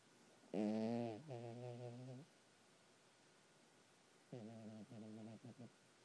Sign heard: Cat snoring.